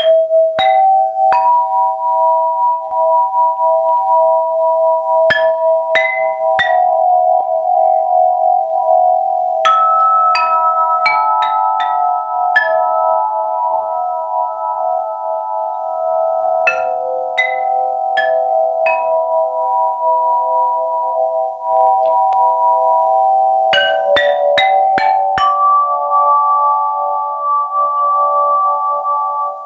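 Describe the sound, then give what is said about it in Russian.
Tubular chimes made of a special alloy are struck in small clusters of bright hits, each note ringing on in long, steady, overlapping tones that fill the gaps between strikes. No one speaks. “Трубочек, она после удара звучит еще минуту.”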